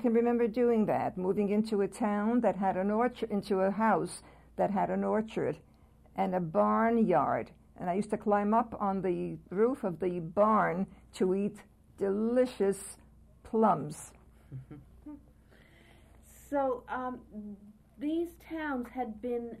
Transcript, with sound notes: I can remember doing that, moving into a town that had an orch — into a house that had an orchard, and a barnyard and I used to climb up on the roof of the barn to eat delicious plums.
[Chuckles] So these towns had been